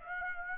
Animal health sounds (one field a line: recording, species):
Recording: mosquito wingbeat signal from an infrared sensor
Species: Aedes aegypti